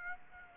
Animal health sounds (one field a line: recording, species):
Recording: mosquito wingbeat signal from an infrared sensor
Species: Aedes aegypti